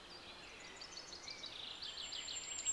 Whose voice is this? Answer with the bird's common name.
Common Chaffinch